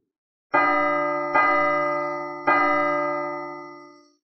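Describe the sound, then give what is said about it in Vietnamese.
A deep, resonant, majestic bell tolls from afar three times at an uneven pace, heard across Tu La City, each strike rich in shimmering overtones and overlapping the last, with the final ring fading slowly away. No voices. “Vào thời khắc này, từng tiếng chuông hùng vĩ từ đằng xa truyền đến, vang vọng giữa không trung, toàn bộ Tu La Thành đều nghe thấy rõ ràng, chấn nhiếp nhân tâm.”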